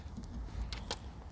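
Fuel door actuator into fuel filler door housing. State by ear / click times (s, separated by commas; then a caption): seated / 0.7 s, 0.9 s. A replacement fuel door actuator is slid into its plastic mount on the fuel filler door housing of an Audi A6/A7 (C7 chassis) over a low background rumble. Sharp clicks are heard at 0.7 s and 0.9 s, the second one louder, as the actuator seats in the housing.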